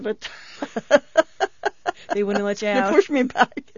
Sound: she laughs

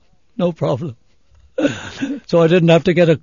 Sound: laughing

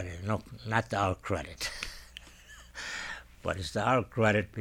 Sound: he laughs

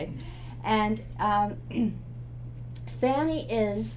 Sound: clears throat

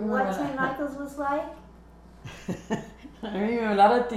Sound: she laughs

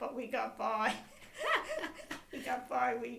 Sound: laughs

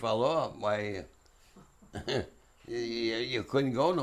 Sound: chuckles

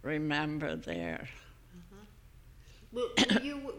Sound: she coughs

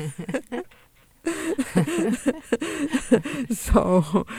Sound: they laugh

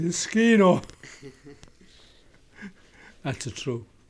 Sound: he laughs

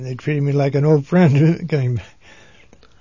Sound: he laughs

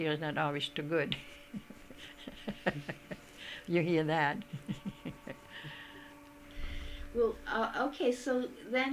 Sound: she laughs

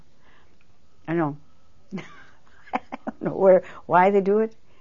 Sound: she laughs

